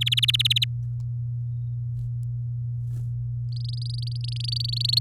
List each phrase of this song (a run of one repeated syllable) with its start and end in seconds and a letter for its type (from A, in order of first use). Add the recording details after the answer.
0.01-0.64 A, 3.52-4.99 B. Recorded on 8 May 2018 at 15:28. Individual llb16